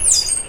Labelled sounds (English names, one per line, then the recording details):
Stitchbird song
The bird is a male
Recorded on Tiritiri Matangi Island, New Zealand, in 2005
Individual 12, of nest box 16